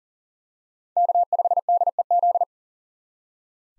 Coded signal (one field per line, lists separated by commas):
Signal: Morse code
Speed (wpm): 37 wpm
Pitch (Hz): 700 Hz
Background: none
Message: K5DEZ